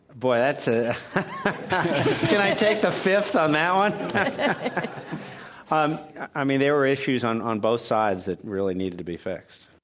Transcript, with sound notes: Boy, that’s a, can I take the fifth on that one?
[Laughter]
I mean there were issues on both sides that really needed to be fixed.